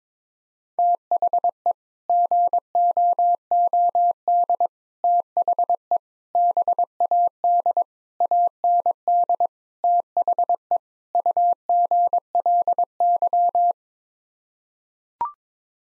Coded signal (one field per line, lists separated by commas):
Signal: Morse code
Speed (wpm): 22 wpm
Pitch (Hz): 700 Hz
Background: none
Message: THE GOOD THE BAD AND THE UGLY